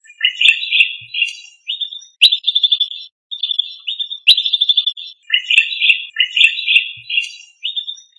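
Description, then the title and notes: Bird song: bursts of rapid, chattering high notes and trills in short phrases separated by brief pauses, with a few sharp clicks. Indonesian birdsong. "Kicau Burung Indonesia"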